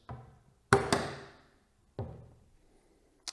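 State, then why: Seated. The first RAM stick is pushed down into a motherboard DIMM memory slot until the retention clips lock. After a soft tap near 0.1 s, a sharp click at 0.7 s is quickly followed by a second snap at 0.9 s, then a duller knock at 2.0 s and a brief tap near 3.3 s. The stick is seated, with the click at 0.7 s.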